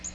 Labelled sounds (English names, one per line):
Magnolia Warbler flight call